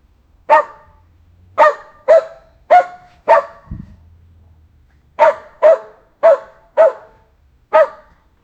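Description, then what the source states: Dog barking: several sharp single barks, some in quick pairs, with a pause midway and a brief low thud. Dog crying and barking.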